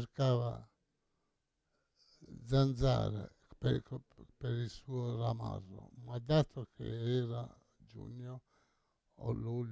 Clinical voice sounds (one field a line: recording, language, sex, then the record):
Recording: read passage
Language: Italian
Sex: male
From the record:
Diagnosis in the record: Parkinson's disease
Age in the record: 68 years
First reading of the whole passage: 85 s, 6.1 characters per second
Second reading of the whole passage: 63 s, 8.2 characters per second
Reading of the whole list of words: 49 s, 5.8 characters per second